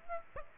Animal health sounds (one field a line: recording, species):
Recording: mosquito wingbeat signal from an infrared sensor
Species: Aedes aegypti